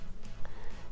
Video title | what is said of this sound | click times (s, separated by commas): How to install and format MicroSD Card on Chromebook | yeah i think i've i've had that click right there so that is how to | 0.2 s, 0.5 s